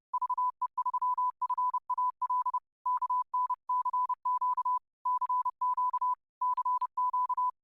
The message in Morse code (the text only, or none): VE3FAL KN CQ CQ CQ